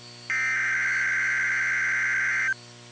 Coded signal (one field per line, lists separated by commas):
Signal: Emergency Alert System (SAME) tones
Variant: header bursts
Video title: NOAA weather radio EAS alert #56, severe thunderstorm watch #641.